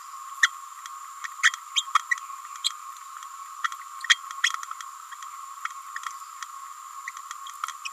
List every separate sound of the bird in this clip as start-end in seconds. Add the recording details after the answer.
0.42-0.49, 1.75-1.85, 2.10-2.17, 3.63-3.68, 4.09-4.20. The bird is a female. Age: 29 days. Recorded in a nest box in Venezuela. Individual 17B31A3